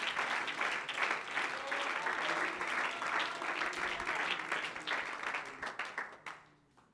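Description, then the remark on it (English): An audience claps their hands to the Lord in worship, dense, sustained applause that stays steady for several seconds before thinning out and fading at the end. “If that's how you feel, would you clap your hands to the Lord in this place?”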